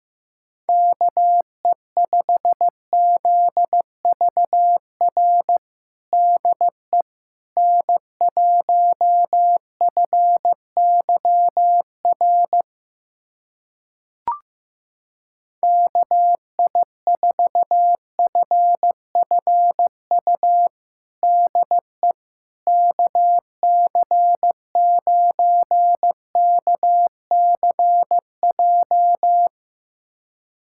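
A call sign pair sent in Morse code as a steady mid-pitched tone, keyed in quick dots and dashes, pausing once around fourteen seconds.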